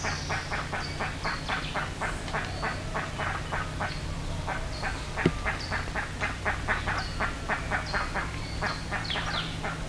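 Bird calls in a continuous rapid chatter of clipped notes with sliding high squeals above, over a faint low hum and one click midway.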